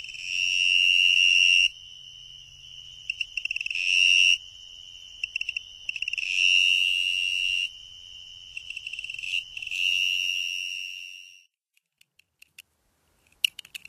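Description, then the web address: Two-spotted tree cricket song: four sustained shrill trills with softer sound between them, then near silence at the end. North America. "Songs of Insects. Two-spotted Tree Cricket"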